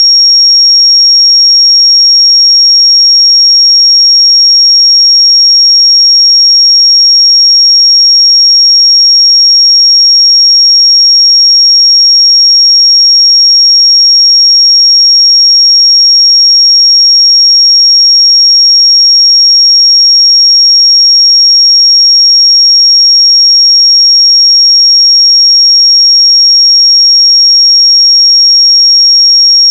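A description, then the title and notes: A pure sine tone at 5574 Hz holds perfectly steady for the full thirty seconds, a single thin, bright whistle with no wavering in pitch or loudness. Nothing else sounds alongside it; the background is silent. 5574 Hz 1 Hz Interval Sine Pure Tone Frequency 441000 Sample Mono.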